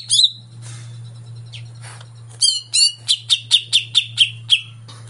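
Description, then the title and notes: Greater green leafbird song: a run of several rapid, bright falling notes repeated evenly, preceded by scattered chirps, over a steady low hum. Cucak ijo song used as a lure (pancingan) to stimulate a caged bird to sing and perform when hung (gantang); bird described as gacor, singing vigorously. "Pancingan CUCAK IJO Mau Di Gantang. Cucak Ijo Gacor"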